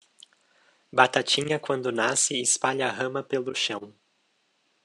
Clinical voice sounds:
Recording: short text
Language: Brazilian Portuguese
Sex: male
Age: 20 to 29 years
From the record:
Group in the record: control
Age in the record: 26 years

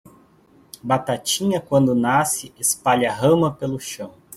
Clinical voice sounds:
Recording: short text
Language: Brazilian Portuguese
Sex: male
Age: 30 to 39 years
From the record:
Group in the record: control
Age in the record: 39 years

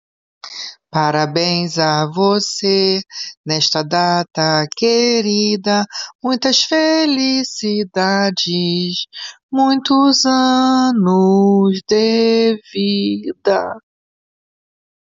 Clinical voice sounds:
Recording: short text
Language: Brazilian Portuguese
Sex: female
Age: 50 to 59 years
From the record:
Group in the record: control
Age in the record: 57 years

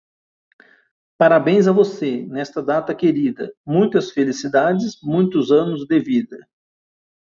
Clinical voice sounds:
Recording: short text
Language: Brazilian Portuguese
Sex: male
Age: 50 to 59 years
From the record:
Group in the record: control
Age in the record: 50 years

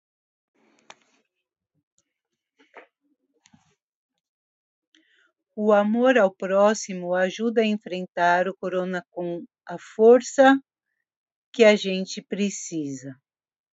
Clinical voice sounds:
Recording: spoken sentence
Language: Brazilian Portuguese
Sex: female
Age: 50 to 59 years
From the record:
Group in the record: control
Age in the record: 58 years

